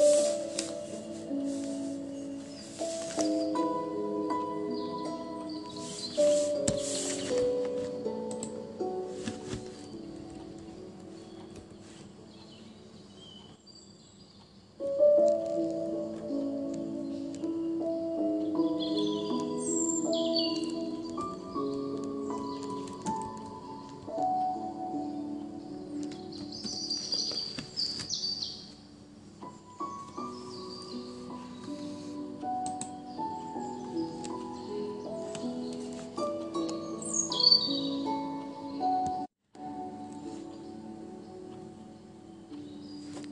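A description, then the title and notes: Gentle mid-range piano plays steady flowing phrases, with a pause near fifteen seconds, while high bird chirps drift in intermittently from the forest. Piano edition with rain first then forest sounds.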